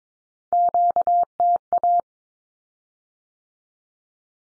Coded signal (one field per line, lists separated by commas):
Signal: Morse code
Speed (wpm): 22 wpm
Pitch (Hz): 700 Hz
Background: none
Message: QTA